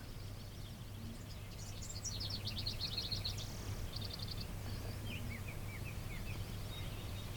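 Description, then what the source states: House wren song: quick bubbly bursts of high trilled notes, tumbling and stuttering over a few seconds, with a steady low hum underneath. Warbly, bubbly song made up of many different notes; recorded in the badlands.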